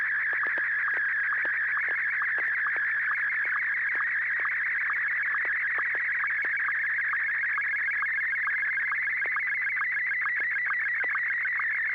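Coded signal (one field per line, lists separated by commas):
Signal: SSTV (slow-scan television)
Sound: continuous warbling tone with rapid ticking sync blips, like a steady chirping screech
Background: low electrical hum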